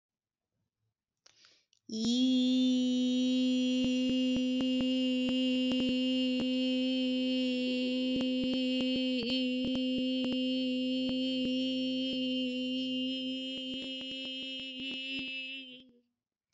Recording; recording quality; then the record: sustained vowel as in beet; excellent, no background noise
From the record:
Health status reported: COVID-19 positive, mild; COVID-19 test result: positive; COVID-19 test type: RT-PCR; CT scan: not taken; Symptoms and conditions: cough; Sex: female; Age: 29 years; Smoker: no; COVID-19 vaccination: both doses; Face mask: not worn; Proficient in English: yes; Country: India